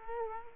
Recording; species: mosquito wingbeat signal from an infrared sensor; Culex quinquefasciatus